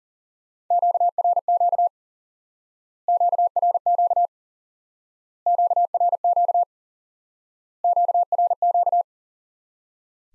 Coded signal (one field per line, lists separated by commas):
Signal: Morse code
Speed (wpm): 37 wpm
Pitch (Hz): 700 Hz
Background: none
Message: QRQ QRQ QRQ QRQ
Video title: Course 3 - Lesson 50 - QRQ - Introduce New Element